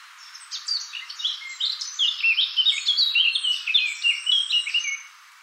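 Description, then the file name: Eurasian blackcap song: a flowing warble of rapid varied notes, many falling in pitch, delivered steadily for about four and a half seconds before fading. "Sylvia atricapilla"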